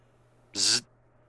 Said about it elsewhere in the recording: I have a device called an LVAD. It's a left ventricle assist device. There is a controller that is on me at all times that basically takes the motor and runs it. And so now my heartbeat sounds like this. You get a top number only because there's no contraction of the left side.